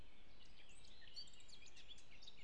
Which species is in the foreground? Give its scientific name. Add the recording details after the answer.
Sylvia atricapilla. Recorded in Germany. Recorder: ecoPi